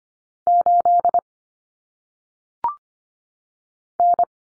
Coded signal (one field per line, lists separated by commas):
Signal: Morse code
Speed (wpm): 25 wpm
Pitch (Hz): 700 Hz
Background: none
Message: 8 N